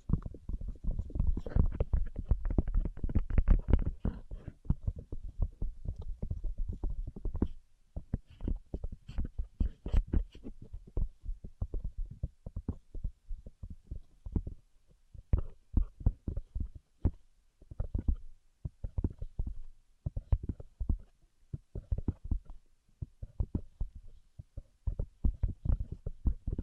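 Quick, dense tapping with dull low thuds, heaviest in the first seven seconds, then sparser bursts of sharper taps with brief pauses.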